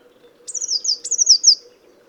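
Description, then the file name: Eurasian blue tit with two back-to-back phrases, a sharp high note then a rapid trill that steps gently downward, lasting about a second in total. "Cyanistes caeruleus"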